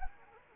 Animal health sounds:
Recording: mosquito wingbeat signal from an infrared sensor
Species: Anopheles arabiensis

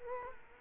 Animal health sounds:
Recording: mosquito wingbeat signal from an infrared sensor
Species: Culex quinquefasciatus

